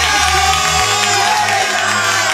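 crowd applause and cheering

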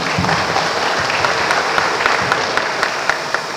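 audience applause

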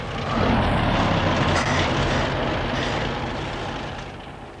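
bus driving away

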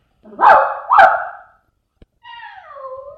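dog barking

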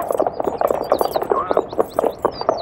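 horse hooves clip-clopping

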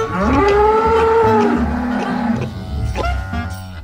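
cows mooing

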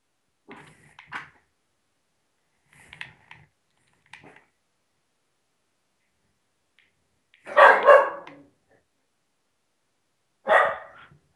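dog barking

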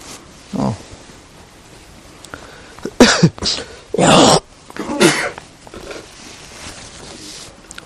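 sneeze

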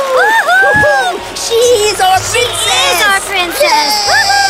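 crowd cheering

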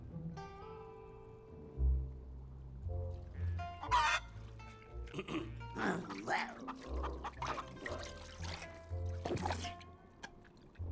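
chicken clucking

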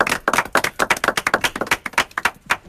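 applause

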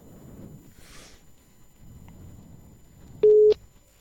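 telephone line ringing tone

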